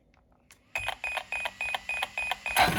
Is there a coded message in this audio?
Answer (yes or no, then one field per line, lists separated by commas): no